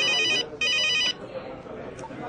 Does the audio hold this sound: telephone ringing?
yes